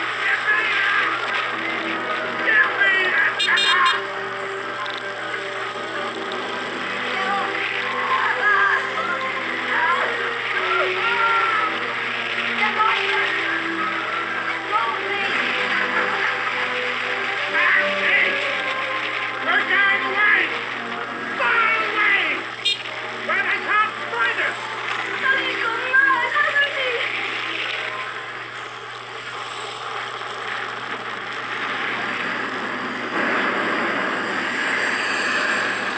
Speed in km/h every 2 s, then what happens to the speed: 37, 32, 29, 31, 34, 37, 38, 38, 39, 36, 33, 35, 37, 38, 35, 32, 29, 22.
0-5 slows to 29. 5-11 speeds up to 38. 11-26 steady at about 37. 26-36 slows to 22.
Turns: none.